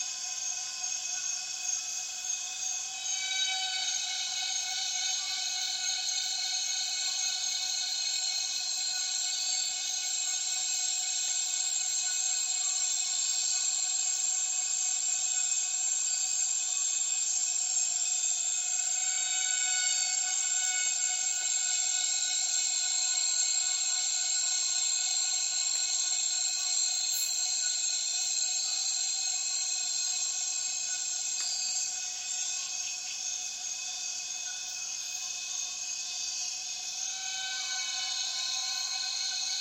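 A dense chorus of cicadas fills the rainforest at dusk, a continuous shrill drone layered in several bright, piercing tones. The wall of sound holds steady and loud throughout, easing slightly past the half-minute mark, with no low sounds beneath it.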